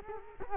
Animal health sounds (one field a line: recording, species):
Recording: mosquito wingbeat signal from an infrared sensor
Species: Culex quinquefasciatus